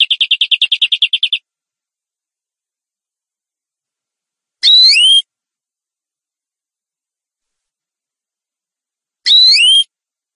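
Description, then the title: Canary song: a brief fast trill at the start, then two separate bright rising whistled sweeps with layered overtones, separated by long silences. "Kenari"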